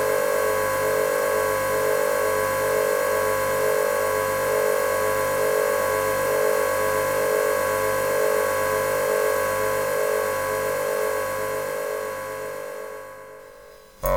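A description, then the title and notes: High-pitched machinery runs steadily, a whining tone near 500 with bright overtones stacked above it. Underneath, a low pulsing throb repeats about every half second. Near the end the sound thins and fades, then cuts off with a brief clunk. High Pitch Machinery.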